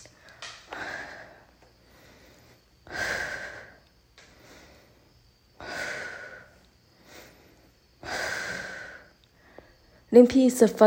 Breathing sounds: deep breathing after running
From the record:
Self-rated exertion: light exertion (2 of 6); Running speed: 6 miles an hour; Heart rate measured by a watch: 119 beats a minute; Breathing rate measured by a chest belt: 22 breaths a minute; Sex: female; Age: 28 years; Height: 155 cm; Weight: 44 kg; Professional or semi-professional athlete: no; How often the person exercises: 3 to 5 times a week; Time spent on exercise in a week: over 5 hours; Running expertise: yes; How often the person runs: 3 to 5 times a week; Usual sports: running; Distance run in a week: 45 km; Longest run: 32 km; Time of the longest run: 200 minutes

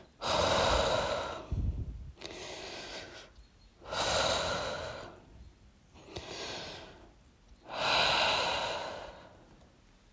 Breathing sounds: deep breathing after running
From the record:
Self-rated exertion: moderate exertion (3 of 6); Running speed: 7 miles an hour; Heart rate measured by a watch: 118 beats a minute at the start, 119 at the end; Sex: female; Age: 23 years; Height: 163 cm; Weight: 70 kg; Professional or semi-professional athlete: no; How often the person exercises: 1 to 2 times a week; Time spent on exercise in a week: 1 to 2 hours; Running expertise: no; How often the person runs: 1 to 2 times a week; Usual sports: running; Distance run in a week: 7 km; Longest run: 7 km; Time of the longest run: 50 minutes

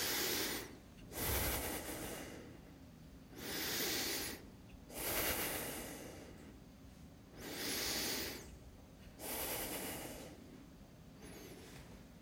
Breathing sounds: deep breathing after running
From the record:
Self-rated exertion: light exertion (2 of 6); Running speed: 7 miles an hour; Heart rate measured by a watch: 111 beats a minute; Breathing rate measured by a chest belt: 16 breaths a minute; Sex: male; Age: 24 years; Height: 185 cm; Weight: 79 kg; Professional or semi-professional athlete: no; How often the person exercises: 1 to 2 times a week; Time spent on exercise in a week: 2 to 3 hours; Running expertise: no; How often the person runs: 1 to 2 times a week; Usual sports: running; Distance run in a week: 20 km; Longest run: 10 km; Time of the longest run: 50 minutes

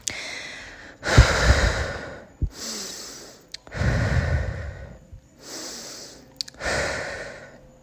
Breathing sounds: deep breathing after running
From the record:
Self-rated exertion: moderate exertion (3 of 6); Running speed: 5 miles an hour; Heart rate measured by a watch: 140 beats a minute at the start, 138 at the end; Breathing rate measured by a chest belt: 22 breaths a minute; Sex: female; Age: 18 years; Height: 171 cm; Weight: 75 kg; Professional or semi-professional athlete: no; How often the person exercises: 1 to 2 times a week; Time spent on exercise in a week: under 1 hour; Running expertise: no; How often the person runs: 1 to 2 times a week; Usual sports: running, fencing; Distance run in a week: 3 km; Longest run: 21.3 km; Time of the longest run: 190 minutes

